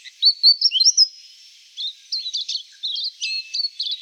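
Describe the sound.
Silvereye calls, a run of thin high chirps and short whistled notes, bursts then a pause, then more clipped twittering notes.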